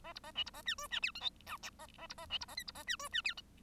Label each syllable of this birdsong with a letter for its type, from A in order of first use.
A B A C B A D E D F G H I J A A B A C B A K B A D E D F G